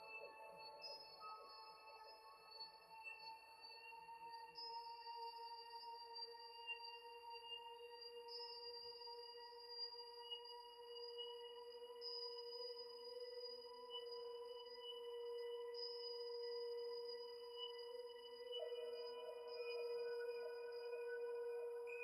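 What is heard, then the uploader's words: Ringing bowl-like tones sustain throughout, layered steady pitches from low-middle to bright. About every four seconds a new high tone enters, and near nineteen seconds a lower tone swells in. Loudness stays even, rising slightly toward the end, with a faint low rumble underneath. MIDI and BOWL sounds 7 mins per chakra.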